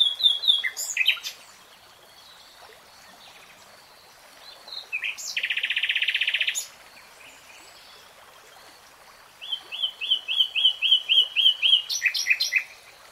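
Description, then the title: Nightingale song: varied chirps, a dense buzzing rattle in the middle, then a fast repeated series of sharp whistled notes. "[Tiếng chim hót] REALTIME Nightingale Singing"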